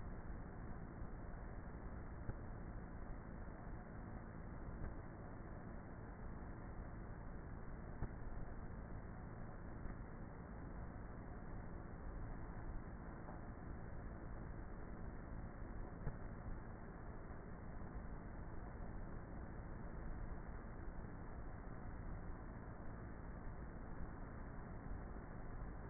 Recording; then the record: honeybee colony, microphone inside the hive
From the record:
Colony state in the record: queenless with a low population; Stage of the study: before two queens were removed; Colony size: about 30,000 bees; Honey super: no